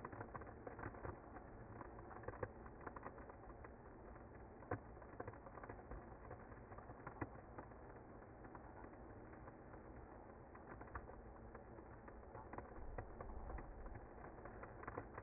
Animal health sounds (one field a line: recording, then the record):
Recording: honeybee colony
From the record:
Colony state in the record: active